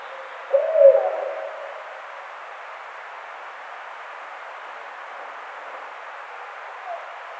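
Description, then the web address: Barred owl giving a single low hooted note that swells and fades within a second, followed by a steady background hiss and a faint second sound near the end. Recorded on 11 April 2009. "Barred Owl 2009 04 11"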